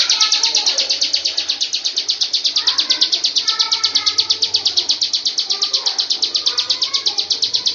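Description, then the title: Lovebird repeats piercing high chattering notes at a fast, even pace throughout, with light twittering below. Long "ngekek" song (ngekek panjang) style. "Audio Lovebird Ngekek Panjang Ciblek"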